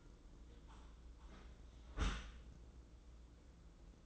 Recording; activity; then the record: daily activity, microphone in the room; close dishwasher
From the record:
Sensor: 3